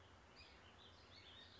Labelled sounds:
Warbling Vireo (Vireo gilvus)
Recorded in Sonoma County, California

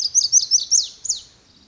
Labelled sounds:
Lazuli Bunting (Passerina amoena)
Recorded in Sonoma County, California

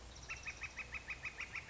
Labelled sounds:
Northern Flicker (Colaptes auratus)
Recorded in Sonoma County, California

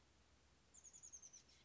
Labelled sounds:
Oak Titmouse (Baeolophus inornatus)
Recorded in Sonoma County, California

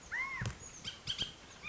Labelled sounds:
Bullock's Oriole (Icterus bullockii)
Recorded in Sonoma County, California

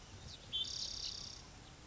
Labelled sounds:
Spotted Towhee (Pipilo maculatus)
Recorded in Sonoma County, California

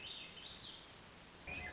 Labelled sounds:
Swainson's Thrush (Catharus ustulatus)
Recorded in Sonoma County, California

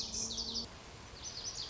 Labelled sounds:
Lazuli Bunting (Passerina amoena)
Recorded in Sonoma County, California

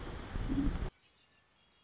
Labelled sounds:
Red-winged Blackbird (Agelaius phoeniceus)
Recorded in Sonoma County, California

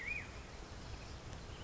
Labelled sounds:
Black-headed Grosbeak (Pheucticus melanocephalus)
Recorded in Sonoma County, California

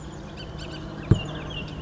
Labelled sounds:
Bullock's Oriole (Icterus bullockii)
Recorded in Sonoma County, California

